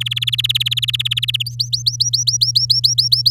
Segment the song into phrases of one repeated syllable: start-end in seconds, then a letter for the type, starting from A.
0.00-1.43 A, 1.46-3.31 B